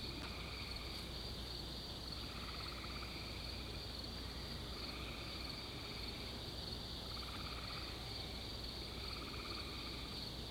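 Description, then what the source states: Cricket chorus: a continuous high trill with lower pulsed chirping that swells and fades in waves, against steady hissing noise. Crickets in an insect ambience.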